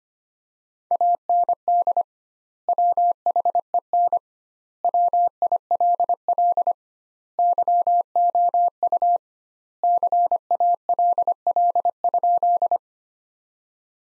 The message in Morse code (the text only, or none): AND WHEN WILL YOU CALL?